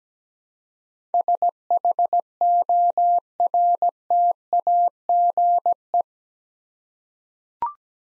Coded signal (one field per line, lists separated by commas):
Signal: Morse code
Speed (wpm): 17 wpm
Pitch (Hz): 700 Hz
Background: none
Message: SHORTAGE